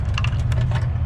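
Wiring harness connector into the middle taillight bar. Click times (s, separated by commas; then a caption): 0.2 s. A plastic wiring connector that powers the middle light bar of a new LED taillight on a Toyota Corolla is pushed into its socket and clicks in at 0.2 s, with two more short clicks right after. A steady low hum runs underneath, and the connector is seated.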